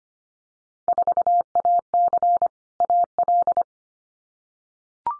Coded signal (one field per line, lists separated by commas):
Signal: Morse code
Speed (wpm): 25 wpm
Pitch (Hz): 700 Hz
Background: none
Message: 4AC AL